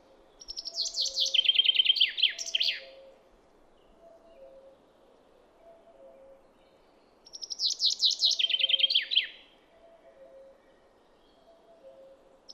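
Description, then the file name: Common chaffinch song, two full phrases about seven seconds apart, each a quick descending series of notes leading into a trill and ending with a downslurred flourish. "Fringilla coelebs"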